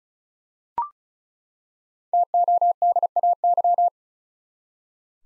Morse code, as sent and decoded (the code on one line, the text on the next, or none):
- --- -.. .- -.--
TODAY